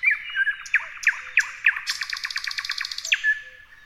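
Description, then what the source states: Thrush nightingale song: spaced loud whipping notes followed by a fast dry rattle of repeated clicks, ending in another sharp note and a soft whistle. Several thrush nightingales singing together.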